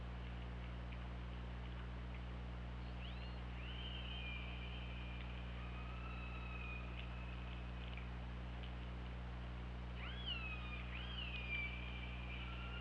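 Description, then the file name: Orca calls: several long, wavering, harmonic cries, some sliding up then leveling off, coming in two bouts, over a constant low droning hum. Recorded 24 August 2017, around 23:28. "Orca Lab. 20170824 232846"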